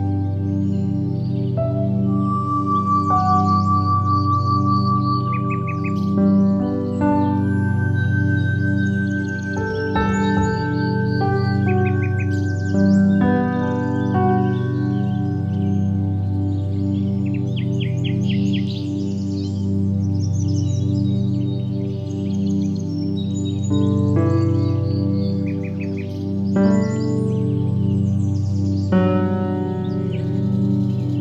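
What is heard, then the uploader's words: Soft piano music plays steadily with sustained low notes and gentle melodic lines, while birds chirp and trill throughout in quick bright bursts. The birdsong is frequent and busy, especially around the first fifteen seconds, and the overall level stays even. Enjoy this episode filled with the lovely sounds of birds and soft piano music.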